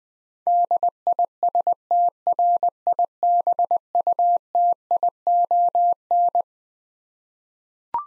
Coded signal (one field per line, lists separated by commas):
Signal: Morse code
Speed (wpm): 20 wpm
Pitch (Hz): 700 Hz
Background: none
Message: DISTRIBUTION